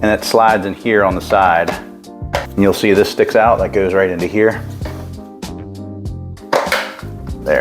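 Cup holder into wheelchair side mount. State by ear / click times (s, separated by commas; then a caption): seated / 6.5 s. A cup holder is slid into a mount on the side of a Pride Jazzy Carbon power wheelchair while someone talks over background music, and a protruding tab on it goes into its slot. A sharp click is heard at 6.5 s as the cup holder locks into the side mount.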